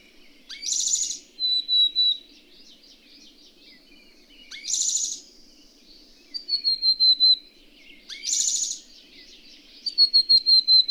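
Bird song: three repeated phrases, each a harsh buzzy burst then a string of high, sharp whistled notes, with light twittering filling the gaps.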